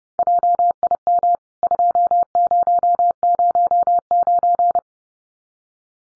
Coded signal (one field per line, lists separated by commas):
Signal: Morse code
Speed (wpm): 30 wpm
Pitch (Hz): 700 Hz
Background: none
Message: JIM 2009